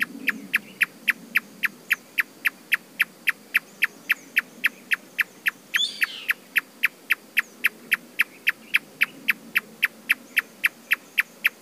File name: Marsh tapaculo